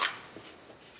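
An aftermarket magazine is shoved by its base plate into the magazine well of a DY9 clone pistol after a first try, and it locks in with a sharp, bright click at 0.0 s. The click fades quickly into a quiet tail with faint small knocks around 0.4 and 0.7 s, and the magazine is seated.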